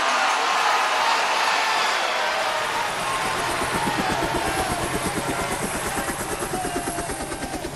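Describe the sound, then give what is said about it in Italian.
A helicopter carrying the resigned Pope away circles over Rome. It roars steadily, its rotor blades beating out a fast, even thumping pulse beneath a broad rushing whine that gradually eases toward the end. “E il Papa ieri, il Papa dimesso, si allontana in elicottero.”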